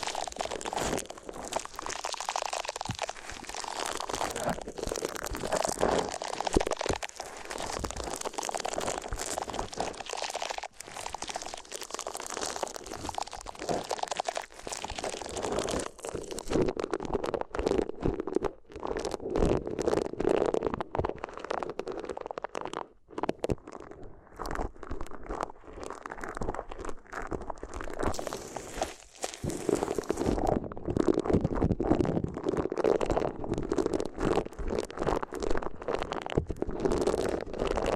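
Paper is crumpled, crinkled and rubbed without pause, a dense run of crisp crunching and rustling from start to finish. The texture is bright and busy, with short dips and quick bursts throughout, and a brief near-silent gap around twenty-three seconds.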